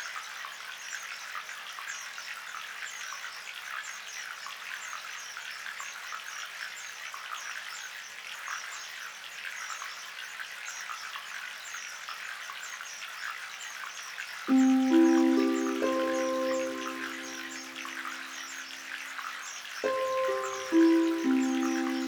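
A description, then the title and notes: Gentle running water hisses steadily throughout, joined by a bird's low, stepping calls near fifteen seconds and again around twenty. Birds Chirping and Gentle Running Water.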